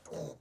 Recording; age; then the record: pig call; piglet (1 to 25 days)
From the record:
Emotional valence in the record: negative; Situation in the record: restrain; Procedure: back test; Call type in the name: low-frequency call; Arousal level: medium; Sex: male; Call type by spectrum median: low-frequency call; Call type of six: low-frequency stable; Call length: 0.41 s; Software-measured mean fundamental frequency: 50 Hz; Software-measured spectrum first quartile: 332 Hz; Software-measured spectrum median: 552 Hz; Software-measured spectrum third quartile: 1172 Hz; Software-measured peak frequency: 596 Hz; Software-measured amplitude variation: 182 dB a second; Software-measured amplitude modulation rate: 19.4 a second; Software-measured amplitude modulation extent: 9.4 dB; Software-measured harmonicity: 3.8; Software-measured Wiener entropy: -0.82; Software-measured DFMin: 1851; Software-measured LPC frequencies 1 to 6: 539, 2870, 3916, 6114, 6601, 7447 Hz